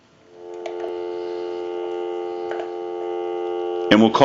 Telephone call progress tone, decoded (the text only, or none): dial tone